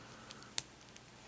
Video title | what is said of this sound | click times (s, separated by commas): Plants Vs Zombies - K'NEX 2" Series 1 Blind Bags Review! #BlindBags #Knex #PlantsVsZombies | and that snaps into place like so | 0.6 s